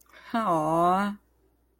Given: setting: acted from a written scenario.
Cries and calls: vocal sound without words; adoration

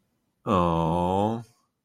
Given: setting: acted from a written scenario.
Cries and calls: vocal sound without words; disappointment

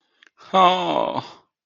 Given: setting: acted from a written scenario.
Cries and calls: vocal sound without words; sadness

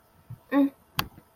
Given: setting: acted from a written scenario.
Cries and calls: vocal sound without words; neutral

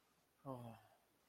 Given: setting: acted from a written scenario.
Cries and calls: vocal sound without words; guilt

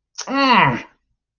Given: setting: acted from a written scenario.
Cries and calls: vocal sound without words; disappointment

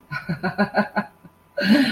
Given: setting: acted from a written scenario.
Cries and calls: vocal sound without words; amusement

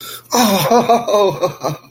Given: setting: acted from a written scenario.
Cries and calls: vocal sound without words; elation

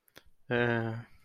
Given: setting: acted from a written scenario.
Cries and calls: vocal sound without words; disappointment

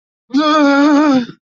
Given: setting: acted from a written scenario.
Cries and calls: vocal sound without words; fear

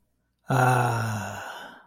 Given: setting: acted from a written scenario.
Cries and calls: vocal sound without words; contentment

